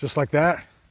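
A man talks briefly while the hub of an MTRVR high back plus-size folding camping chair is handled, with its metal leg poles about to lock into the central hub. Only speech is heard, with no click or snap, and nothing has seated or clicked yet.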